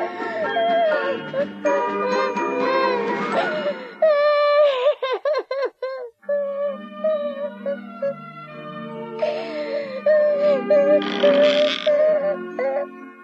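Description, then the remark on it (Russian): A little girl crying inside a small hut at the edge of a forest: drawn-out high wavering wails broken by quick shaky sobbing gasps midway, then rising into sustained tearful moaning again. “И вроде бы кто это в ней плачет?”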